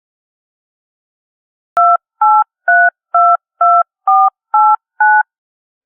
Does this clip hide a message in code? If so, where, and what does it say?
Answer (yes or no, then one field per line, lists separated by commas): yes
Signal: DTMF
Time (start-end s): 1.8-5.2 s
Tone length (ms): 240 ms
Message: 28322489